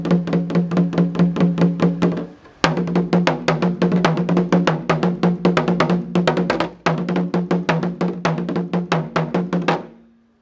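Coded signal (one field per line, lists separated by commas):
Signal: talking drum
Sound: fast, steady low drum strokes, about four to five a second, with two brief pauses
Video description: Nana Kyeremateng Bafour demonstrates a language made of drumbeats that once carried messages through the rainforest.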